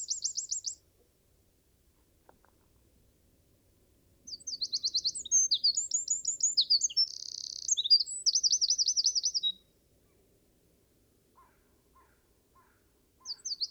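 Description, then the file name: Eurasian wren singing a loud burst of about five seconds of high trills and chattering notes, with the end of one song at the start and the beginning of another at the finish. "Troglodytes troglodytes"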